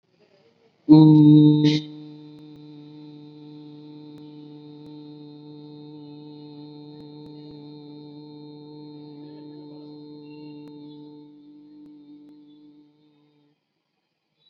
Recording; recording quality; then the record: sustained vowel as in boot; excellent, no background noise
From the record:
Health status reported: COVID-19 positive, mild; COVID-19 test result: positive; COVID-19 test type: RT-PCR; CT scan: not taken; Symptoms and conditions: cough, sore throat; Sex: male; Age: 18 years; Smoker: no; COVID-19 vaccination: both doses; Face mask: worn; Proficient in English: yes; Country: India